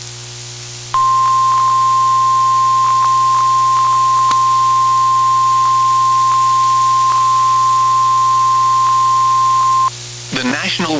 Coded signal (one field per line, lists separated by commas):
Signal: Emergency Alert System (SAME) tones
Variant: 1050 Hz attention tone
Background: speech